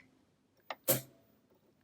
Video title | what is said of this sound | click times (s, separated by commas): MAKE YOUR OWN DIY PRINT THEN CUT & CARD STOCK GIFT TAGS USING YOUR CRICUT + PENS! - CRAFTMAS DAY 3! | now that it's clicked in we're good to go | 0.7 s